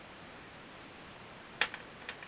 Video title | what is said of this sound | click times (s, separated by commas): Tal-y-llyn Iron body wagon build | the wheels just click in place | 1.6 s